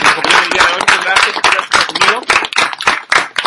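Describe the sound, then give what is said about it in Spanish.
A burst of applause for the guys of Fantástico: many hands clapping in a dense, steady patter that stays loud throughout, with voices mixed in among the claps. “Un fuerte aplauso para los chicos de Fantástico.”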